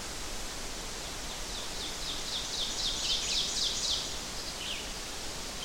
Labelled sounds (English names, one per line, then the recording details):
Ovenbird song
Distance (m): 35 m
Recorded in boreal forest in Alberta, Canada, on 12 June 2016 at 06:03
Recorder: SongMeter 3, array SBT-3-18
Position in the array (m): 229 m, 90 m
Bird 31